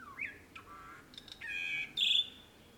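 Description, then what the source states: Bird song: a short whistle, a few sharp clicks, then a sustained buzzy note ending in a loud high chirp. In the morning.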